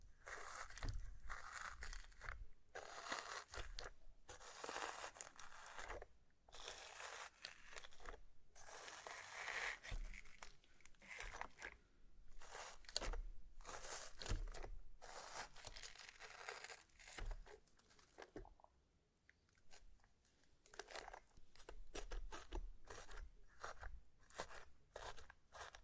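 Slime being squished and worked by hand, with a steady run of crunchy, crackling squelches and sticky pops. Bursts come quickly and irregularly, broken by brief near-silent gaps every second or two, with a quieter stretch around nineteen seconds before the crunching resumes.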